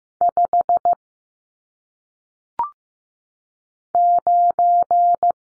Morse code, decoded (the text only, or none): 5 9